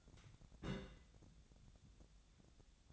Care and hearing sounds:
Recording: daily activity, microphone in the room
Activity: place on stove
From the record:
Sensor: 3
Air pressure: 1000.0 hPa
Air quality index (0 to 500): 127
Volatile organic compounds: 2 ppm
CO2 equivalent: 1134 ppm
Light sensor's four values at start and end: 39/100/43/47 and 40/100/43/47

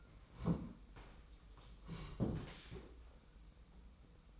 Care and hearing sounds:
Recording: daily activity, microphone in the room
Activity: sit down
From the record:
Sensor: 1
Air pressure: 990.5 hPa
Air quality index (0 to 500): 152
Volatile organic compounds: 1000 ppm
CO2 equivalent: 5522 ppm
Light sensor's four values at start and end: 32/74/32/34 and 32/75/32/35

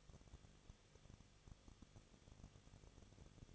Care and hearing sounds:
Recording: daily activity, microphone in the room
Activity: no activity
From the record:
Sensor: 4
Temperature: 23.1 degrees Celsius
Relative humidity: 34.0%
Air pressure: 1007.1 hPa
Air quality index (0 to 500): 217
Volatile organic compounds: 15 ppm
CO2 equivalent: 2509 ppm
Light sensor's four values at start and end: 2/3/1/1 and 2/3/1/1

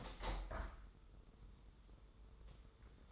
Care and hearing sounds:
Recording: daily activity, microphone in the room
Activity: open window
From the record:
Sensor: 3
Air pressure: 995.7 hPa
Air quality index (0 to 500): 90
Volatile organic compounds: 10 ppm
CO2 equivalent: 2216 ppm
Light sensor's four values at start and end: 27/82/34/30 and 28/83/35/31

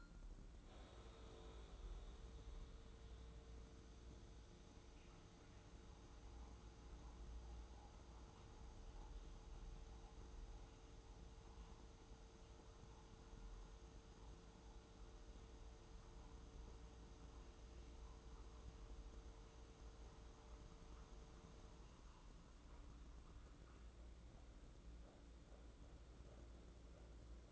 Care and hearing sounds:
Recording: daily activity, microphone in the room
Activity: make coffee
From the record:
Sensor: 3

